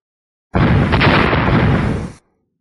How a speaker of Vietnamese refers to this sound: Từng trận thanh âm nổ vang từ dưới đất truyền đến, quang mang đỏ thẫm trên mặt đất càng lúc càng thịnh, từng trận sóng khí nóng rực từ phía dưới bay lên.